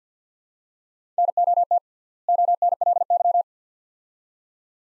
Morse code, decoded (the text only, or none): NOT ONLY